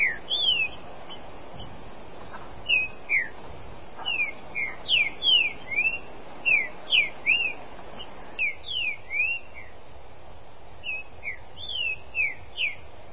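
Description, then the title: Green-winged saltator singing a long run of clear whistled slurs, rising and falling, phrase after phrase with brief pauses, over light hiss. "Trinca Ferro"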